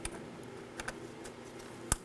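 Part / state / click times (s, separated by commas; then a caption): wiring connector into terminal assembly socket / seated / 1.9 s. An electrical connector is slid into its socket on the terminal assembly while replacing the coolant reservoir on a 2018-2024 Chevrolet Equinox 1.5L L4, before its locking tab is pushed in. Faint ticks at about 0.1, 0.8 and 0.9 seconds lead to one sharp, loud click at 1.9 seconds as the connector seats.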